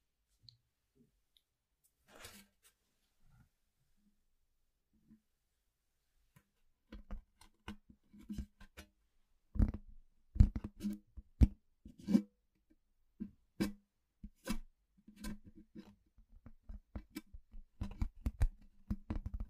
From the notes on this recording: simple things but big sounds that I find around the house